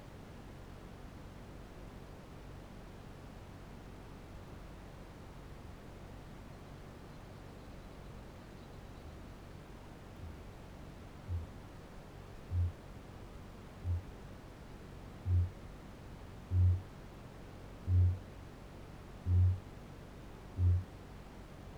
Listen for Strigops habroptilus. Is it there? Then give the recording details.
yes. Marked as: faintness 4/5, faintness 2/5. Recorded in New Zealand. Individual Barnard